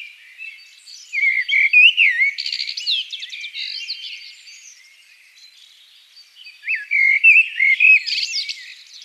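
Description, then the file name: Eurasian blackbird singing two warbled phrases, each starting with low fluty notes and ending in squeaky high twittering, separated by a pause of a few seconds. "Turdus merula"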